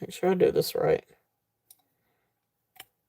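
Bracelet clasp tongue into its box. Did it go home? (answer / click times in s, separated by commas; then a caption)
yes / 1.7 s, 2.8 s. Someone talks briefly, then the tongue of a metal bracelet's box clasp is pressed into its box. Two small, sharp clicks are heard at 1.7 s and 2.8 s as the clasp clicks shut and seats.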